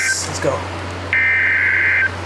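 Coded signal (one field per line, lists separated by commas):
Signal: Emergency Alert System (SAME) tones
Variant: header bursts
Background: speech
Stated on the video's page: Overnight NOAA Weather Radio alerts from WWG83, KEC74 and KJY93 during severe weather.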